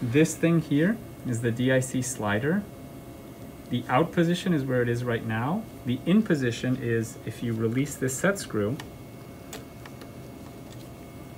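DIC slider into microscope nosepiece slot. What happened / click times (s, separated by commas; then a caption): A metal slider clicked into its detent / 9.5 s. Someone talks while a metal DIC slider is pushed into the nosepiece slot of a BX61 microscope after its set screw is released. A sharp click at 9.5 s marks the slider seating into its detent at the in position, followed by two fainter ticks.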